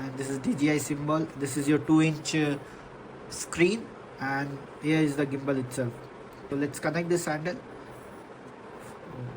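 Someone talks while a plastic handle is lined up with the base of a DJI Osmo Pocket 3 pocket gimbal camera, which has a 2-inch screen, before it is pushed home. There are no hits in this stretch, and nothing has seated or clicked yet.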